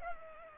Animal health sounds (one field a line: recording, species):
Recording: mosquito wingbeat signal from an infrared sensor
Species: Culex pipiens